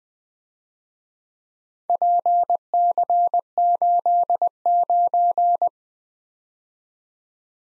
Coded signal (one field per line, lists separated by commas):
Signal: Morse code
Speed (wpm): 20 wpm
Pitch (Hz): 700 Hz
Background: none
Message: PC89